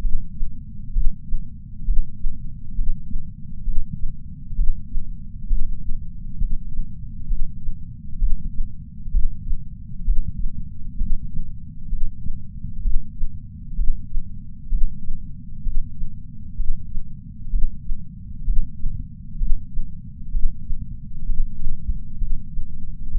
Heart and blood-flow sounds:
heart sounds by patch sensor on the chest; 65 bpm
0.00 s: heartbeat
0.92 s: heartbeat
1.84 s: heartbeat
2.74 s: heartbeat
3.63 s: heartbeat
4.54 s: heartbeat
5.46 s: heartbeat
6.37 s: heartbeat
7.26 s: heartbeat
8.18 s: heartbeat
9.10 s: heartbeat
10.04 s: heartbeat
10.97 s: heartbeat
11.88 s: heartbeat
12.81 s: heartbeat
13.75 s: heartbeat
14.68 s: heartbeat
15.62 s: heartbeat
16.55 s: heartbeat
17.49 s: heartbeat
18.43 s: heartbeat
19.37 s: heartbeat
20.30 s: heartbeat
21.25 s: heartbeat
22.17 s: heartbeat
23.10 s: heartbeat
From the record:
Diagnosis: coronary artery disease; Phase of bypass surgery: preoperative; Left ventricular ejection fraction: 64.4%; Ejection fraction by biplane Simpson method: 54.2%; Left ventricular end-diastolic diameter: 51 mm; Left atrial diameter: 34 mm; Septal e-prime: 9.9 cm/s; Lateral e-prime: 12.4 cm/s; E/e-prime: 7.7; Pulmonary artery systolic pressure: 20 mmHg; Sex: male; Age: 66 years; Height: 176 cm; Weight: 74.5 kg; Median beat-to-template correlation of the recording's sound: 0.93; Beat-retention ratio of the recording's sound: 0.99

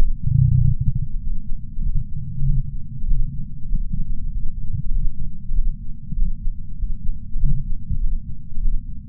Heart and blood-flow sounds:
heart sounds by patch sensor on the chest; 97 bpm
0.56 s: heartbeat
1.19 s: heartbeat
1.82 s: heartbeat
2.44 s: heartbeat
3.06 s: heartbeat
3.67 s: heartbeat
4.29 s: heartbeat
4.91 s: heartbeat
5.53 s: heartbeat
6.14 s: heartbeat
6.76 s: heartbeat
7.38 s: heartbeat
7.99 s: heartbeat
8.60 s: heartbeat
From the record:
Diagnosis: coronary artery disease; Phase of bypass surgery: postoperative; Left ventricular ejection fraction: 64%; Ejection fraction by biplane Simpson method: 61.7%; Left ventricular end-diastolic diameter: 46 mm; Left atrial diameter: 31 mm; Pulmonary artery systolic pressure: 30 mmHg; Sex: male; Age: 43 years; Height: 177 cm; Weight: 75 kg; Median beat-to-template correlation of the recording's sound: 0.76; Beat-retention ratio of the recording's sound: 0.99

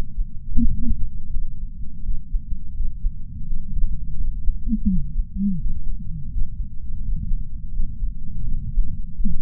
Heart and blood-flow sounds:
heart sounds by patch sensor on the chest; 84 bpm
0.60 s: heartbeat
1.32 s: heartbeat
2.04 s: heartbeat
2.75 s: heartbeat
3.46 s: heartbeat
4.17 s: heartbeat
4.88 s: heartbeat
5.60 s: heartbeat
6.31 s: heartbeat
7.02 s: heartbeat
7.72 s: heartbeat
8.44 s: heartbeat
9.16 s: heartbeat
From the record:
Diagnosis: coronary artery disease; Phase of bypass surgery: postoperative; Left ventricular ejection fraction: 56.8%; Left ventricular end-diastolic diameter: 44 mm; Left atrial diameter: 32 mm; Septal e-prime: 5.7 cm/s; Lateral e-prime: 6.1 cm/s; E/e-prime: 10.2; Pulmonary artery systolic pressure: 32 mmHg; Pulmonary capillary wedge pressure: 12 mmHg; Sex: male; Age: 65 years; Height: 165 cm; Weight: 60 kg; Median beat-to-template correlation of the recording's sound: 0.87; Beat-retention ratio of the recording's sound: 1.00

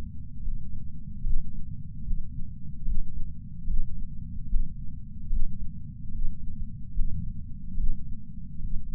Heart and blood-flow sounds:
heart sounds by patch sensor on the chest; 73 bpm
0.43 s: heartbeat
1.25 s: heartbeat
2.06 s: heartbeat
2.86 s: heartbeat
3.68 s: heartbeat
4.50 s: heartbeat
5.31 s: heartbeat
6.13 s: heartbeat
6.95 s: heartbeat
7.78 s: heartbeat
8.62 s: heartbeat
From the record:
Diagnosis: coronary artery disease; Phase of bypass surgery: preoperative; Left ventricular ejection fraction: 63%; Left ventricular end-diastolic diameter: 47 mm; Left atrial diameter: 37 mm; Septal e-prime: 4.5 cm/s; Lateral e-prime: 7.1 cm/s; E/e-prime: 8.6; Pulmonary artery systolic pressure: 20 mmHg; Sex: male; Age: 77 years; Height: 160 cm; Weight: 79.5 kg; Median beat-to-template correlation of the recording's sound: 0.81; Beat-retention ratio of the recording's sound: 0.99

